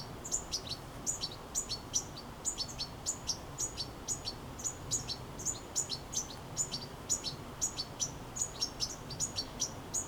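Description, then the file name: European goldfinch calling with bright, high twittering notes, often paired, in a continuous light rhythm over soft background noise. "Carduelis carduelis"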